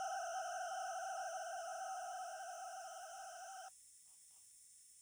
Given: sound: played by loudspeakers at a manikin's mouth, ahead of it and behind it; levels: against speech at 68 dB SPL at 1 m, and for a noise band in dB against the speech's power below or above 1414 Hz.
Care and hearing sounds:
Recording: test signals for a remote microphone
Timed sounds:
0.00-3.68 s: four noise bands (707, 1414, 2828 and 5656 Hz), 50 dB SPL
From the record:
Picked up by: remote microphone B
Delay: 24 ms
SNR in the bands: 34 dB at 707 Hz, 26 dB at 1414 Hz, 20 dB at 2828 Hz, 21 dB at 5656 Hz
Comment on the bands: gain adaptation more progressive through entire signal

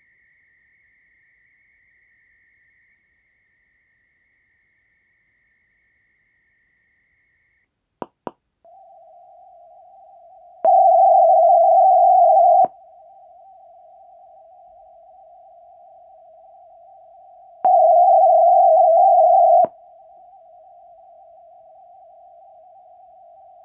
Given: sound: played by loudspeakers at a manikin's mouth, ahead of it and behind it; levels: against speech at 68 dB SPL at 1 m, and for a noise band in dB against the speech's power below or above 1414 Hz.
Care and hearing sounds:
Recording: test signals for a remote microphone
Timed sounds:
0.00-2.95 s: noise band at 2000 Hz, -5 dB
2.95-7.65 s: noise band at 2000 Hz, -10 dB
8.02 s: click
8.27 s: click
8.65-10.65 s: noise band at 707 Hz, -13 dB
10.65-12.65 s: noise band at 707 Hz, +22 dB
12.65-17.65 s: noise band at 707 Hz, -13 dB
17.65-19.65 s: noise band at 707 Hz, +22 dB
19.65-23.65 s: noise band at 707 Hz, -13 dB
From the record:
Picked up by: measurement microphone

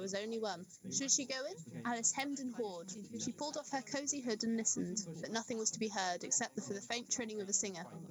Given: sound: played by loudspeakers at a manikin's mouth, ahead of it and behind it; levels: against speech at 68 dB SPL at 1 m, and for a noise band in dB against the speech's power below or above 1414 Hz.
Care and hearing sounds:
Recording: test signals for a remote microphone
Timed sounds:
0.00-8.11 s: woman speaking, babble ahead at +6 dB SNR for speech at 1 m
From the record:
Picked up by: remote microphone A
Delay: 47 ms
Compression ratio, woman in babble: 7.77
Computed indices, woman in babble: HASPI 0.969, HASQI 0.340 (non-linear 0.394, linear 0.863), ESTOI 0.759

